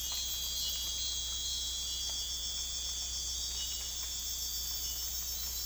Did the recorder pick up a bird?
no